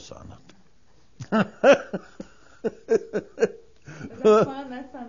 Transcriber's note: he laughs